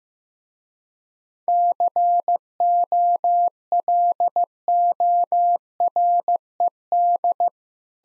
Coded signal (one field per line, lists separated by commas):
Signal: Morse code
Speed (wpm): 15 wpm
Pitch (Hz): 700 Hz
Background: none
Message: COLORED